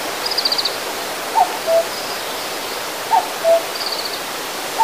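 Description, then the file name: Common cuckoo repeating a falling two-note cu-coo roughly every two seconds, while a small bird gives quick high twittering notes in the background. "kakko"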